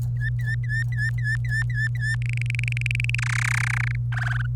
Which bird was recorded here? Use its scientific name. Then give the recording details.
Serinus canaria. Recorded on 26 April 2018 at 15:53. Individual llb3